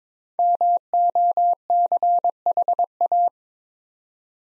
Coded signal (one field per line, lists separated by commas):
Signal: Morse code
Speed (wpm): 22 wpm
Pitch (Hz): 700 Hz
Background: none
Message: MOCHA